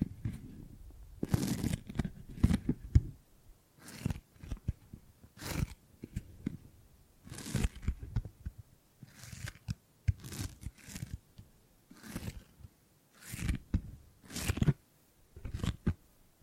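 Gripping and grabbing sounds: a string of short rustling, crunching grabs, each a quick burst of scraping texture lasting under a second. They come irregularly, roughly every second, with near silence between them and a few louder, harsher grabs mixed in.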